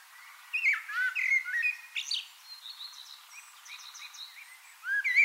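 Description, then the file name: Common blackbird singing mellow whistled notes that break into scratchy, high-pitched twittering, followed by a fresh fluty phrase at the end. "Turdus merula"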